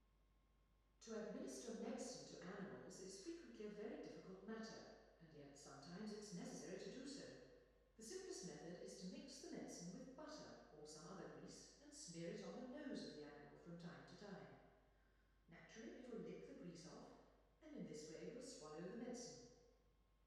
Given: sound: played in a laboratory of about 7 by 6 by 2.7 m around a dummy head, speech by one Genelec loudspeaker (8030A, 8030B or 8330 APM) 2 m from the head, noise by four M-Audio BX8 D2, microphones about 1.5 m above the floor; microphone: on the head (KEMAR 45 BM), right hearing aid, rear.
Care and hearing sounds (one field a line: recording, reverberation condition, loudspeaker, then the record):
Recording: female speech in English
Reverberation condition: high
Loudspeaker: 30 degrees to the left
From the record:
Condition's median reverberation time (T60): about 1300 ms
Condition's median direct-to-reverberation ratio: about -4.0 dB